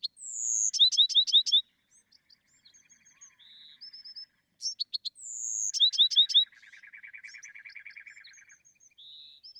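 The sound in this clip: Bewick's wren singing a phrase that opens with a falling whistle and ends in rapid ringing notes, given twice, with scattered soft chips and a low buzzy trill.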